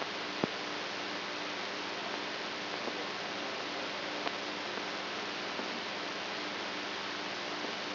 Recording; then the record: brain microelectrode recording played as sound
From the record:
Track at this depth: inside the subthalamic nucleus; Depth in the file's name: 5.312 mm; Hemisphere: right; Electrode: 3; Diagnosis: Parkinson's disease